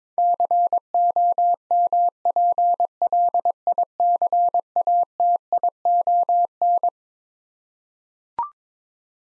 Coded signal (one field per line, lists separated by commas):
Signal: Morse code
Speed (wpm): 22 wpm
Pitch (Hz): 700 Hz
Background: none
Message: COMPLICATION